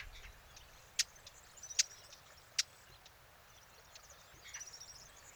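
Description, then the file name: Eurasian blackcap giving three loud sharp tack calls among softer clicks, with faint high thin chirping toward the end. "Sylvia atricapilla"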